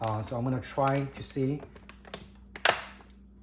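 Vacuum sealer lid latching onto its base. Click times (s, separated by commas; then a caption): 2.7 s. A bag is placed in a vacuum sealer and its plastic lid is pressed down until it latches onto the base. Someone talks, then small clicks and taps lead to a sharp click at 2.7 s as the lid locks, and the click means the lid is locked in place.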